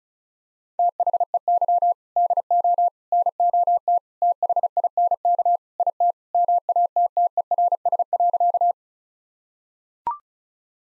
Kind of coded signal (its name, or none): Morse code